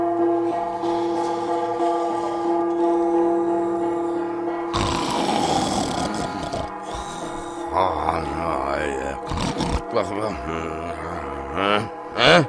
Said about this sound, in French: Et le surlendemain matin, la voix lugubre d'un gong se fait entendre.